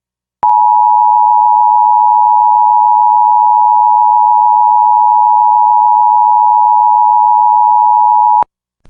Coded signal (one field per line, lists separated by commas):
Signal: Emergency Alert System (SAME) tones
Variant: 853 and 960 Hz attention tone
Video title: EAS #749: EAS Required Monthly Test- Mar. 7, 2023- 10:14AM PST